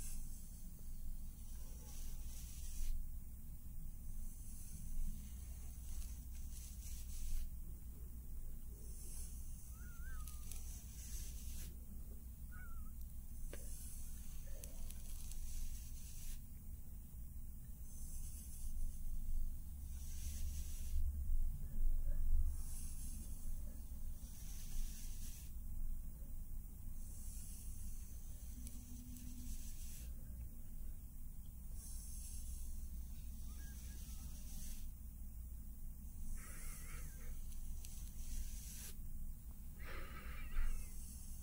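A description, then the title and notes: Face brushing with tracing and slow hand movements: soft, airy brush strokes come as bright hissing sweeps every few seconds, some longer and some brief. A steady low hum runs underneath, with faint small taps and rustles scattered between strokes. ASMR Personal Attention for Anxiety Relief & Sleep face brushing, tracing & slow hand movements.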